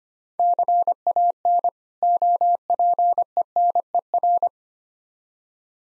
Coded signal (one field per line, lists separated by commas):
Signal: Morse code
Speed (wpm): 25 wpm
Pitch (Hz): 700 Hz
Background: none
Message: CAN OPENER